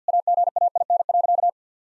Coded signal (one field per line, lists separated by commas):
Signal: Morse code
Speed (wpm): 50 wpm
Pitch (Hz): 700 Hz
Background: none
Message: AGAIN.